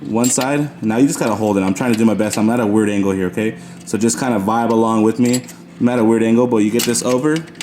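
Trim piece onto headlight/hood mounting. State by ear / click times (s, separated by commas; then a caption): not seated / none. A trim piece is worked over its edges onto the headlight and hood mounting on an EM1 with a new carbon hood, handled at an awkward angle while someone talks throughout. Nothing has seated or clicked yet; the clip ends just before the trim piece locks over the mount.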